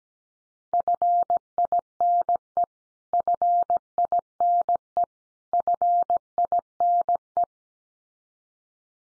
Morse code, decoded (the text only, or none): FINE FINE FINE